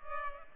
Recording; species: mosquito wingbeat signal from an infrared sensor; Culex pipiens